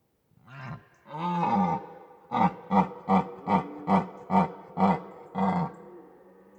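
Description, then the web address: Red deer roaring: a short roar and a longer bellow, followed by a rapid series of about eight short, grunting roars, each deep and harsh. Red deer roaring in autumn, recorded in a European mountain forest. "Ivo Vicic - European mountain forest animals and soundscapes. Red deer autumn Roaring"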